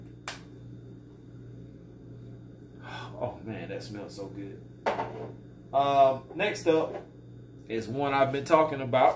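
A cap is pushed back onto a fragrance bottle over its atomizer and clicks into place with a single sharp click at 0.3 s. A steady low hum runs underneath, and then someone talks.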